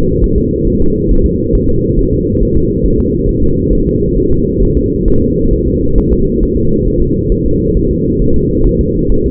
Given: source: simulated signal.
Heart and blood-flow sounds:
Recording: fetal heart sounds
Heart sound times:
0.24 s: S1
0.38 s: S2
0.67 s: S1
0.82 s: S2
1.11 s: S1
1.26 s: S2
1.55 s: S1
1.70 s: S2
1.99 s: S1
2.13 s: S2
2.42 s: S1
2.57 s: S2
2.86 s: S1
3.00 s: S2
3.29 s: S1
3.43 s: S2
3.73 s: S1
3.87 s: S2
4.17 s: S1
4.32 s: S2
4.63 s: S1
4.77 s: S2
5.08 s: S1
5.22 s: S2
5.53 s: S1
5.68 s: S2
5.98 s: S1
6.13 s: S2
6.43 s: S1
6.57 s: S2
6.88 s: S1
7.02 s: S2
7.32 s: S1
7.46 s: S2
7.77 s: S1
7.91 s: S2
8.22 s: S1
8.36 s: S2
8.67 s: S1
8.81 s: S2
9.12 s: S1
9.26 s: S2
From the record:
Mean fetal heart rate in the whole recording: 135 bpm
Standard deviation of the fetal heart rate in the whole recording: 3 bpm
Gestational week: 36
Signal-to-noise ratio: -16.4 dB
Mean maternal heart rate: 72 bpm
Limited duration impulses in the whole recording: present

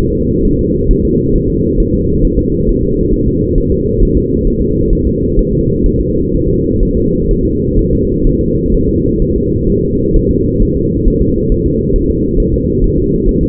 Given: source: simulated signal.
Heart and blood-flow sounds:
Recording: fetal heart sounds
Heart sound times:
0.13 s: S2
0.45 s: S1
0.59 s: S2
0.91 s: S1
1.05 s: S2
1.35 s: S1
1.50 s: S2
1.80 s: S1
1.94 s: S2
2.25 s: S1
2.39 s: S2
2.69 s: S1
2.83 s: S2
3.13 s: S1
3.28 s: S2
3.58 s: S1
3.72 s: S2
4.02 s: S1
4.17 s: S2
4.47 s: S1
4.62 s: S2
4.93 s: S1
5.07 s: S2
5.39 s: S1
5.53 s: S2
5.86 s: S1
6.00 s: S2
6.34 s: S1
6.48 s: S2
6.83 s: S1
6.97 s: S2
7.31 s: S1
7.45 s: S2
7.79 s: S1
7.93 s: S2
8.27 s: S1
8.41 s: S2
8.74 s: S1
8.89 s: S2
9.22 s: S1
9.36 s: S2
9.70 s: S1
9.84 s: S2
10.16 s: S1
10.31 s: S2
10.62 s: S1
10.77 s: S2
11.07 s: S1
11.22 s: S2
11.52 s: S1
11.66 s: S2
11.96 s: S1
12.10 s: S2
12.40 s: S1
12.54 s: S2
12.84 s: S1
12.98 s: S2
13.29 s: S1
13.43 s: S2
From the record:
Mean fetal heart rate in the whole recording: 130 bpm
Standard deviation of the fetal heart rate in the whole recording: 4 bpm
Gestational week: 38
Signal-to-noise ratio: -10.2 dB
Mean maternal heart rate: 72 bpm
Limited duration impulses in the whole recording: present

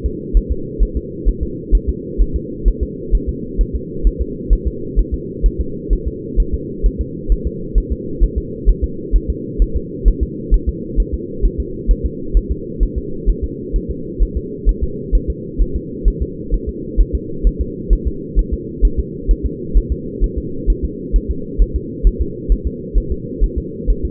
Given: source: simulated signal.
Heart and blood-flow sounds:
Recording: fetal heart sounds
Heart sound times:
0.06 s: S2
0.37 s: S1
0.52 s: S2
0.83 s: S1
0.97 s: S2
1.28 s: S1
1.43 s: S2
1.75 s: S1
1.89 s: S2
2.22 s: S1
2.36 s: S2
2.68 s: S1
2.83 s: S2
3.15 s: S1
3.29 s: S2
3.61 s: S1
3.75 s: S2
4.07 s: S1
4.21 s: S2
4.53 s: S1
4.67 s: S2
4.99 s: S1
5.14 s: S2
5.46 s: S1
5.61 s: S2
5.93 s: S1
6.08 s: S2
6.40 s: S1
6.54 s: S2
6.86 s: S1
7.01 s: S2
7.32 s: S1
7.47 s: S2
7.78 s: S1
7.92 s: S2
8.24 s: S1
8.38 s: S2
8.70 s: S1
8.84 s: S2
9.16 s: S1
9.30 s: S2
9.62 s: S1
9.77 s: S2
10.08 s: S1
10.23 s: S2
10.54 s: S1
10.69 s: S2
11.00 s: S1
11.14 s: S2
11.45 s: S1
11.60 s: S2
11.91 s: S1
12.06 s: S2
12.37 s: S1
12.52 s: S2
12.83 s: S1
12.98 s: S2
13.30 s: S1
13.44 s: S2
13.76 s: S1
13.91 s: S2
14.23 s: S1
14.37 s: S2
14.69 s: S1
14.83 s: S2
15.15 s: S1
15.30 s: S2
15.62 s: S1
15.76 s: S2
16.08 s: S1
16.22 s: S2
16.54 s: S1
16.69 s: S2
17.01 s: S1
17.15 s: S2
17.47 s: S1
17.61 s: S2
17.93 s: S1
18.07 s: S2
18.39 s: S1
18.53 s: S2
18.85 s: S1
19.00 s: S2
19.31 s: S1
19.46 s: S2
19.77 s: S1
19.92 s: S2
20.24 s: S1
20.38 s: S2
20.70 s: S1
20.85 s: S2
21.16 s: S1
21.31 s: S2
21.62 s: S1
21.76 s: S2
22.07 s: S1
22.21 s: S2
22.52 s: S1
22.67 s: S2
22.98 s: S1
23.12 s: S2
23.44 s: S1
23.58 s: S2
23.90 s: S1
24.05 s: S2
From the record:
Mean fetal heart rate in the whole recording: 130 bpm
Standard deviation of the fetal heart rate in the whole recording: 2 bpm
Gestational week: 36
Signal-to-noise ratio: -4.3 dB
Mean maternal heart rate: 72 bpm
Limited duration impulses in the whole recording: absent

